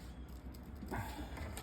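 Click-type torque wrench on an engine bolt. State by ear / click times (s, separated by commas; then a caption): not seated / none. A click-type torque wrench is turned on an engine bolt during a Honda GX160 overhaul, trying to bring the bolt up to torque quickly. Short bursts of mechanical noise sound at about 0.6, 0.9 and 1.6 s over a steady low hum. The wrench has not clicked yet, as it is suspected to be set too high.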